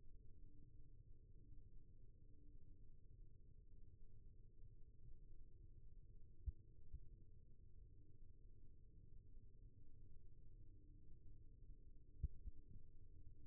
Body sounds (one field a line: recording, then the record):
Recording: forearm muscle sounds (acoustic myography)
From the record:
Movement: rest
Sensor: system 1, eight BSWA MPA416 microphones around the upper forearm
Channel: 2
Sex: male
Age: 23 years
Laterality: right